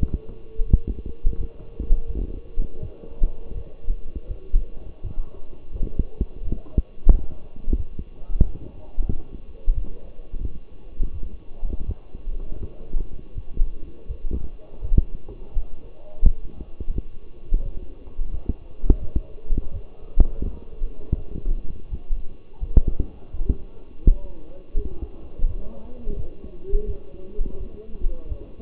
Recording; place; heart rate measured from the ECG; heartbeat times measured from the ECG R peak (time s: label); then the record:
heart sounds by stethoscope; between the tricuspid and mitral areas; 85 bpm
0.67 s: heartbeat
1.37 s: heartbeat
2.07 s: heartbeat
2.81 s: heartbeat
3.53 s: heartbeat
4.27 s: heartbeat
5.02 s: heartbeat
5.73 s: heartbeat
6.43 s: heartbeat
7.11 s: heartbeat
7.76 s: heartbeat
8.43 s: heartbeat
9.09 s: heartbeat
9.74 s: heartbeat
10.41 s: heartbeat
11.12 s: heartbeat
11.86 s: heartbeat
12.59 s: heartbeat
13.34 s: heartbeat
14.07 s: heartbeat
14.81 s: heartbeat
15.53 s: heartbeat
16.23 s: heartbeat
16.92 s: heartbeat
17.62 s: heartbeat
18.31 s: heartbeat
19.00 s: heartbeat
19.72 s: heartbeat
20.43 s: heartbeat
21.16 s: heartbeat
21.90 s: heartbeat
22.60 s: heartbeat
23.32 s: heartbeat
24.04 s: heartbeat
24.75 s: heartbeat
25.46 s: heartbeat
26.15 s: heartbeat
26.86 s: heartbeat
27.59 s: heartbeat
28.28 s: heartbeat
From the record:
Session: walking at 3.7 km/h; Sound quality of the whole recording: partially saturated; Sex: male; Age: 24 years